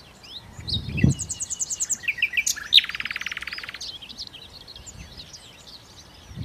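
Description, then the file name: Common nightingale song: quick repeated high notes leading into a loud, dense, rattling trill that fades away, with a low thump near the start. "Nachtigall"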